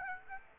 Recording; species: mosquito wingbeat signal from an infrared sensor; Aedes aegypti